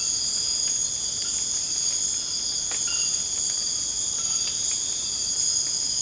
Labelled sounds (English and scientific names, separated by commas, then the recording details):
none
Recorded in secondary vegetation near Puerto Asís, Putumayo, Colombia, on 19 March 2025 at 00:00
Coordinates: 0.485, -76.322
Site G040